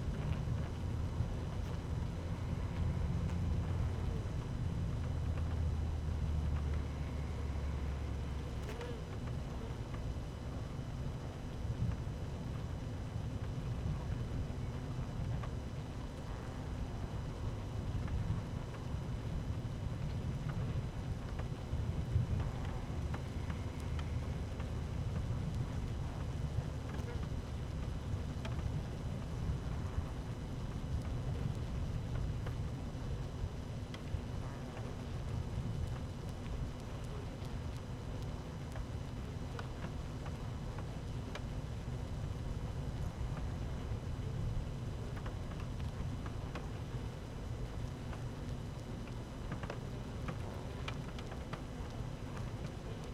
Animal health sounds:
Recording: honeybee colony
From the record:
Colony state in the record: active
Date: 12 June 2018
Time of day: 12:46

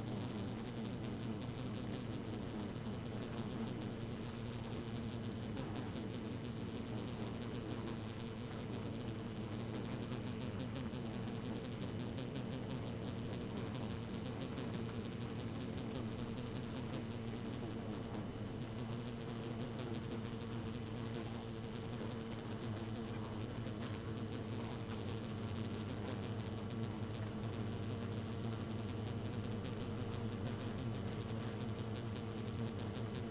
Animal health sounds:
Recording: honeybee colony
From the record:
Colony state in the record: active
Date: 12 June 2018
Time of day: 1:14

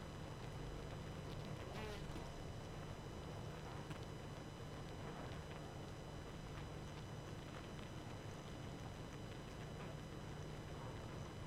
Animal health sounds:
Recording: honeybee colony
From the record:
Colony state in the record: active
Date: 12 June 2018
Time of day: 23:10

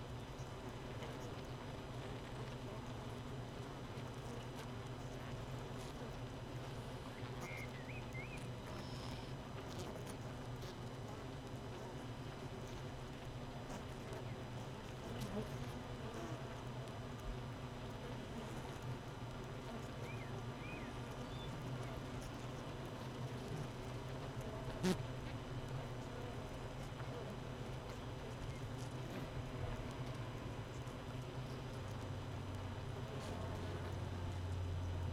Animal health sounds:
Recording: honeybee colony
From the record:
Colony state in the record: missing queen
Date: 31 May 2018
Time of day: 7:30

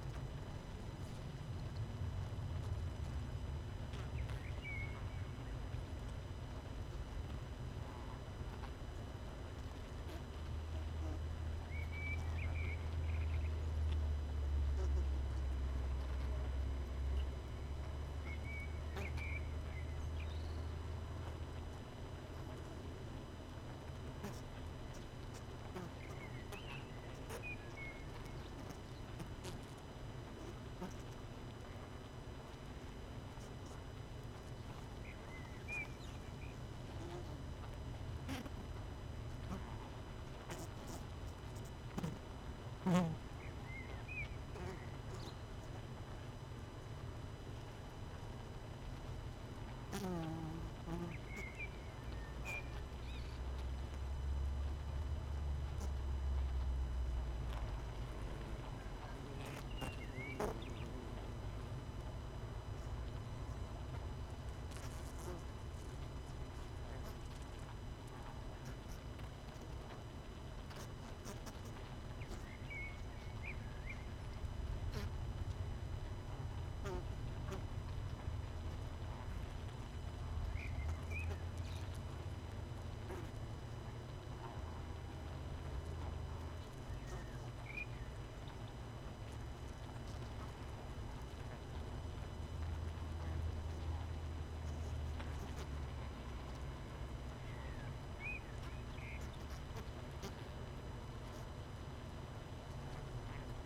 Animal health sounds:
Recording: honeybee colony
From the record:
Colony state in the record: missing queen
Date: 31 May 2018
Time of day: 19:04

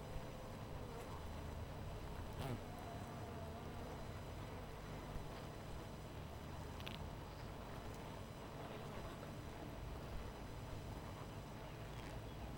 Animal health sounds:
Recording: honeybee colony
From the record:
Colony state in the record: missing queen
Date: 14 July 2017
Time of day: 18:33

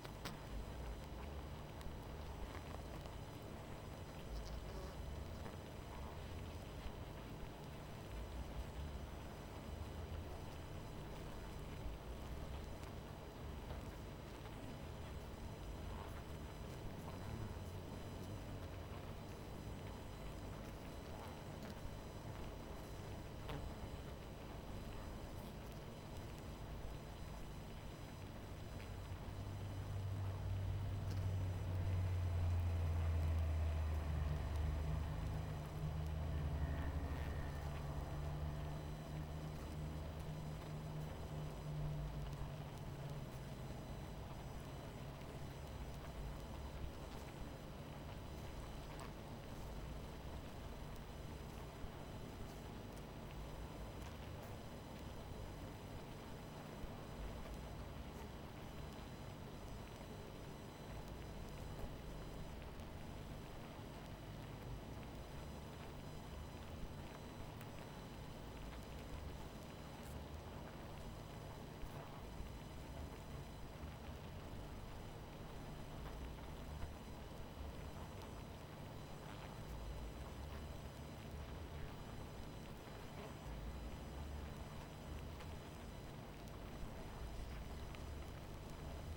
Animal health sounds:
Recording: honeybee colony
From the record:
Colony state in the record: missing queen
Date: 14 July 2017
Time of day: 23:05

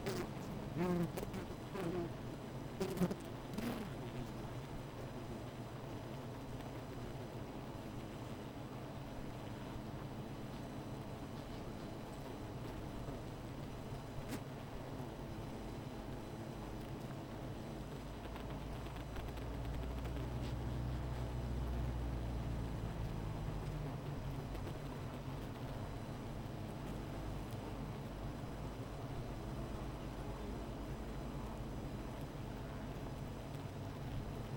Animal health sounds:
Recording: honeybee colony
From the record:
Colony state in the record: missing queen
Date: 14 July 2017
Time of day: 15:54

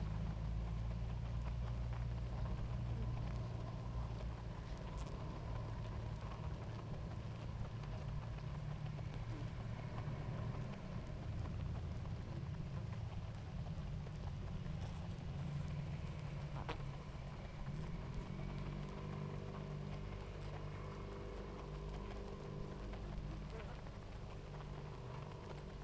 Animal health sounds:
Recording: honeybee colony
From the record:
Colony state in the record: active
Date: 28 July 2017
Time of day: 18:10

